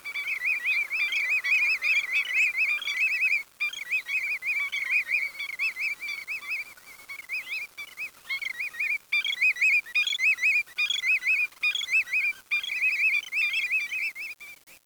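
Bird song of rapid, warbling, wavering notes in continuous phrases, with short pauses between bursts throughout.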